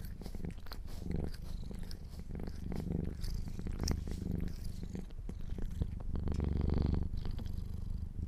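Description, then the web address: Rumbling Domestic cat purr in breathing pulses, with a louder sustained phase near the end. Kittens purring. "sleepandrelaxasmr. The Purring Kittens"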